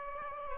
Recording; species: mosquito wingbeat signal from an infrared sensor; Aedes aegypti